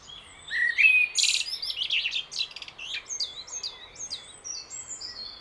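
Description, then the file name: Blackbird song phrase: a brief fluted whistle, then a long run of rapid high thin twittering notes that gradually softens. "Turdus merula"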